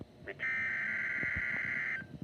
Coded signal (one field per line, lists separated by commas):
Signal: Emergency Alert System (SAME) tones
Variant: header bursts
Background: speech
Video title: Severe thunderstorm watch EAS #309 6/26/20